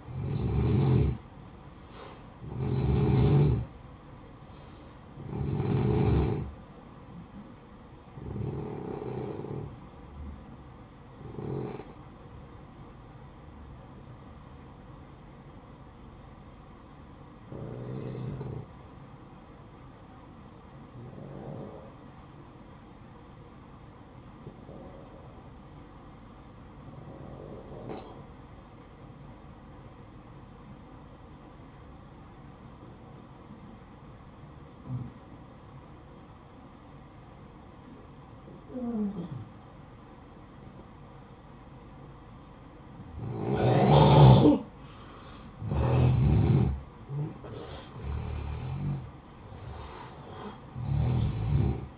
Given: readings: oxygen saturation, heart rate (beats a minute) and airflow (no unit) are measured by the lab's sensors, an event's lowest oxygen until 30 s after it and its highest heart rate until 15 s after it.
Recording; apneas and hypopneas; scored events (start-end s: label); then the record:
breathing in sleep by a smartphone at the bedside; 1
11.00-43.30 s: hypopnea (N1, oxygen 94% highest, then 88% lowest, heart rate 61 at the start, 69 highest)
29.00-51.98 s: new sleep stage, N2 (light sleep)
From the record:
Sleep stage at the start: N1 (lightest sleep); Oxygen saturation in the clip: 87 to 94%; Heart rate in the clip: 55 to 70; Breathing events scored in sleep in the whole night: 573 in 9.8 hours asleep